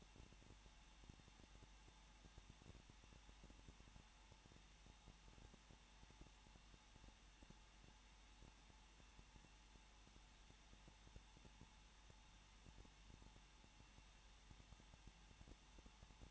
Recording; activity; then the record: daily activity, microphone in the room; no activity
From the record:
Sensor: 1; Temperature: 20.1 degrees Celsius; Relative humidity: 39.4%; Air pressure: 1006.4 hPa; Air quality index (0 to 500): 219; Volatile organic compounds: 81 ppm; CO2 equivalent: 3616 ppm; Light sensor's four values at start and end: 1/2/1/1 and 1/2/1/1